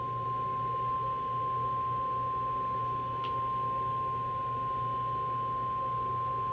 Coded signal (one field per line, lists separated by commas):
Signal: Emergency Alert System (SAME) tones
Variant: 1050 Hz attention tone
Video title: EAS Alerts #83-92: 11 Colorado Alerts which includes a Double Header EAS (6/19/2018)